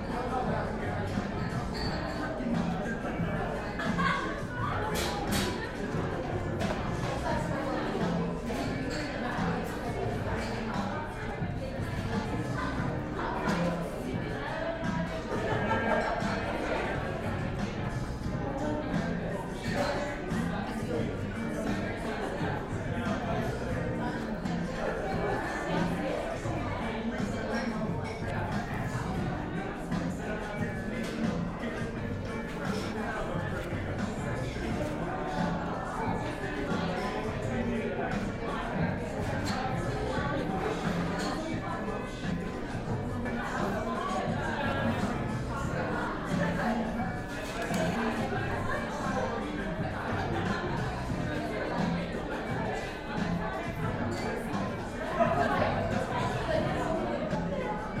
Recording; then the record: background sound without coughing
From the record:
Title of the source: 60 minutes of coffee shop sounds for study and concentration